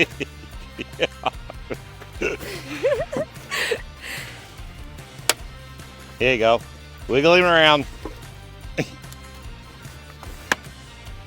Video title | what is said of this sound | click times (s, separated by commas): Fixing Field Tile + Dangerous Fertilizer?! | That's probably got it. Clicking. This side didn't click. It didn't. It's crooked. | 10.5 s